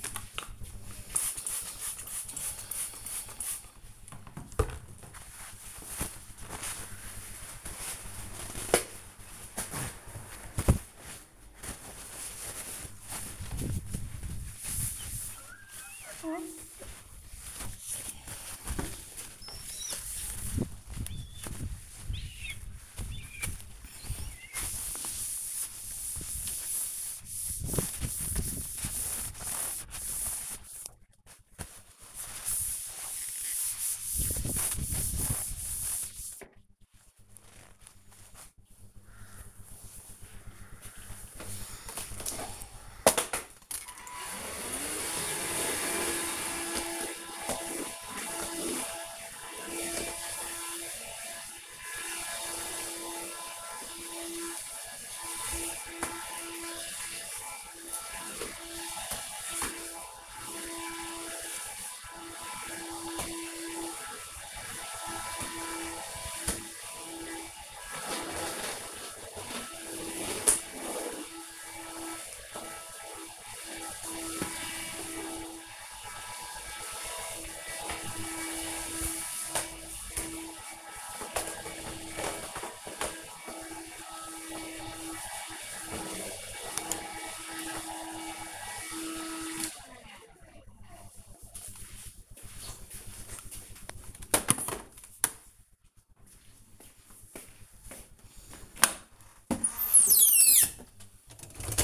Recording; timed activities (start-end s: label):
household activities, microphone on the right wrist
0.06-37.26 s: window cleaning
43.28-89.55 s: vacuum cleaning
97.59-101.84 s: cleaning out the dishwasher